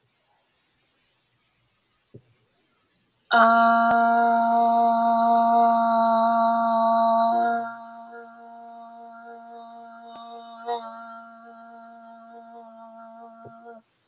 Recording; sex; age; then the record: vowel held as long as possible; female; 20 to 29 years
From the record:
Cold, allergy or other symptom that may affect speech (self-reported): no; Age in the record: 24 years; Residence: United States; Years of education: 13